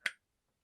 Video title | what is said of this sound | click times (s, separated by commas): Face Mask Supplies - Quilt Conversations LIVE! | snaps in place | 0.1 s